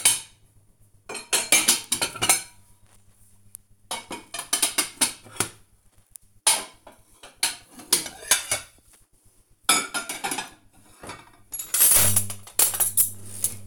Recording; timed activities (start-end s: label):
household activities, microphone on the right wrist
0.00-13.67 s: putting away the dishes